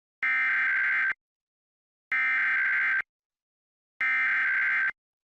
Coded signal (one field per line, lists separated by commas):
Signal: Emergency Alert System (SAME) tones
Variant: header bursts